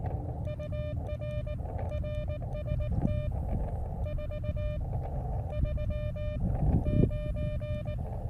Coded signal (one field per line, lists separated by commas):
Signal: Morse code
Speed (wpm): 18 wpm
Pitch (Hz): 600 Hz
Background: none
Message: UR RST 439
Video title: Catch a Fish & a QRP QSO? Elecraft KX2 + Pico Paddle CW ~~~ K6ARK !!!